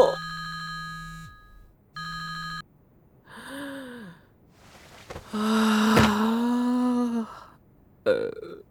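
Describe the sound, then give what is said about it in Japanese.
A telephone rings with a work call from an editor in two steady, buzzy electronic bursts with a short gap between them, followed by drawn-out, groaning vocal sounds and a brief final burst. “聞こえる？電話出てないのに編集の声が聞こえるよ。”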